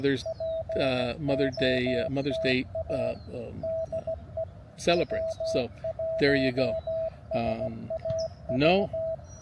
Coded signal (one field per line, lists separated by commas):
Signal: Morse code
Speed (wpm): 16 wpm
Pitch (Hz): 650 Hz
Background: speech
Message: POTA DE W1SAV